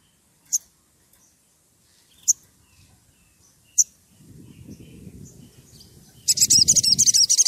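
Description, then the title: Oriental magpie-robin giving sharp, high chip notes over a second apart, then a fast buzzy trill at the end, with low rumbling noise in the second half. Fluently singing (gacor) bird, whistling used as a lure to provoke other magpie-robins into answering. "Pancingan Suara Siulan Kacer Gacor Mantap Untuk Memancing Kacer Lain Agar Mau Nyaut Bunyi"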